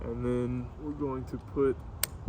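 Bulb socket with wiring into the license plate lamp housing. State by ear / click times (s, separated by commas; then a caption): seated / 2.0 s. The wiring socket of an LED license plate light on a 2021–2023 Kia Sorento (MQ4) is pushed back into the plastic lamp housing while someone talks. A single sharp, loud click at 2.0 s shows the socket seating in place correctly.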